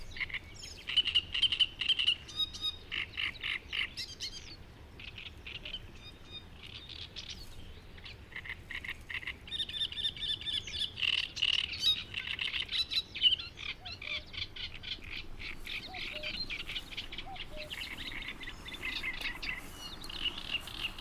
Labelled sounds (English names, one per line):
Great Reed Warbler song